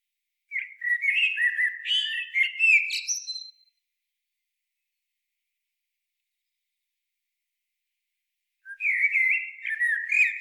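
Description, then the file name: Eurasian blackbird singing a long, flowing phrase of fluty whistles and high squeaks, then after a five-second pause starting another warbled phrase. "Turdus merula"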